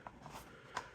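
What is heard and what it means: A plastic facial interface is slid into its groove on a Meta Quest 3S VR headset, with one side held while the other side is pushed in. A couple of faint plastic ticks come first, then a sharp click at 0.8 s as the facial interface seats into place on the headset body.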